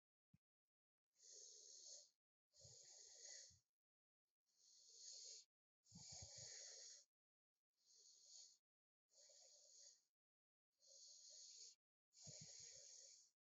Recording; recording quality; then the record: deep breathing; excellent, no background noise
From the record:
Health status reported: healthy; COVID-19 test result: negative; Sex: male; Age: 28 years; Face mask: not worn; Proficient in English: yes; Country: India